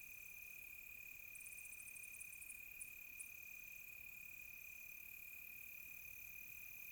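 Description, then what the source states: Crickets trill continuously while a very high, rapid series of chirps bursts in briefly, then a few separate ticks follow. Crickets at close range on a quiet tropical night.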